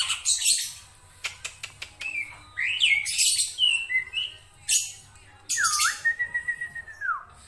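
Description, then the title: Black-winged myna song with loud harsh rasping bursts and scattered clicks, ending in a long steady whistle that falls away at the end. Songbird singing densely with many variations, used as tutor song for training other songbirds. "Kicauan Rapat Jalak Putih Gacor Banyak Variasi Untuk Masteran"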